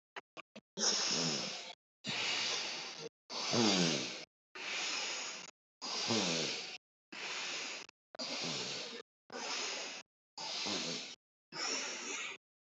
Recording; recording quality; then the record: deep breathing; excellent, no background noise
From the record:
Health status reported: healthy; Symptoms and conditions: none ticked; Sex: male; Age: 34 years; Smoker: not ticked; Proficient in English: yes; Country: India